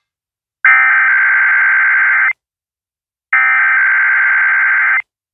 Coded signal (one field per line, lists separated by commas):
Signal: Emergency Alert System (SAME) tones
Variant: header bursts